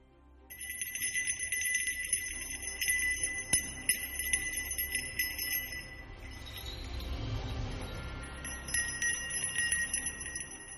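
A small silver bell shaken continuously in a hand, its bright, high metallic ringing jangling steadily for about ten seconds with a brief swell of low rumbling noise in the middle.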